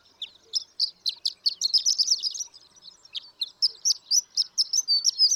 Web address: birdsongforthecurious Horned Lark